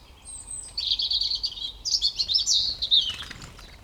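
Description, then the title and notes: European robin phrase opening with a sustained thin high whistle, followed by a bright, rapid cascade of warbled notes and trills. Koniówka, Lesser Poland, Poland; Zoom F3 recorder with Usi Pro drop rig. "Koniówka, województwo małopolskie, Polska - Robin, King of the Petland. Recordist: Maciej Wirmański"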